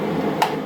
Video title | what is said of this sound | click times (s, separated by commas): 2005 F-350 Oil Change | There you go, you hear the click, it's good to go. | 0.4 s